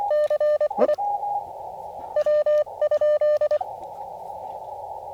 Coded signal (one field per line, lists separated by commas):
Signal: Morse code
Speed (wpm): 24 wpm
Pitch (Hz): 600 Hz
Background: radio noise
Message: CI W?